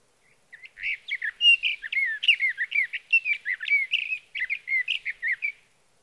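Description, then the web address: Sage thrasher song, a long run of fast, warbled, slurred notes, each phrase rising or falling, pouring out without pause for about five seconds. "birdsongforthecurious Sage Thrasher"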